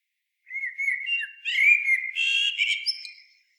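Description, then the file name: Common blackbird song: a rich, mellow whistled warble of about three seconds, closing with a scratchy high-pitched flourish. "Turdus merula"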